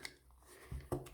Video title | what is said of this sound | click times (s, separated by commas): RETEVIS RT72/BAOFENG 1702 - Review after 1 hour - 2021 | so it just sort of slides up and then clicks into place | 0.0 s